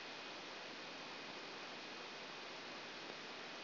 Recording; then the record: brain microelectrode recording played as sound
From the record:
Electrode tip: outside the subthalamic nucleus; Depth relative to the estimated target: -4 mm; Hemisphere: left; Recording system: AlphaMap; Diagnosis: Parkinson's disease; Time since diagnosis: 9 years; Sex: male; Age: 53 years